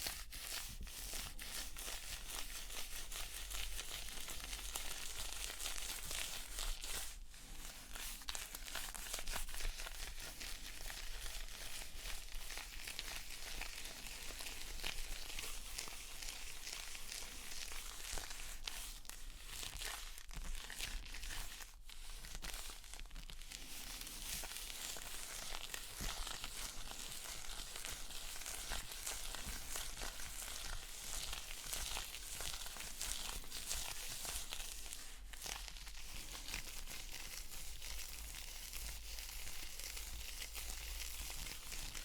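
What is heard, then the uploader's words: Makeup cleansing: a steady stream of soft, dense rubbing and crinkling, like fabric or pads being worked over skin, bright and hissy with a faint low hum underneath. Brief pauses break the motion around 7, 20 and 22 seconds. ASMR Makeup Cleansing with Personal Attention(No Talking).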